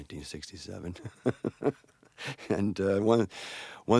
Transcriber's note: laughter